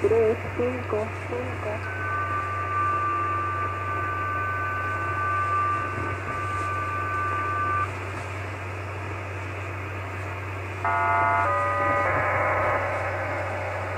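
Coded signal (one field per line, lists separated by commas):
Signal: numbers station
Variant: HM01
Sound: faint warbling opening, a long steady tone, then a weak chord-like multi-tone data burst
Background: radio static, low hum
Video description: HM01, 25 May 2015 @ 2100Z. Not as loud as usual, but still there.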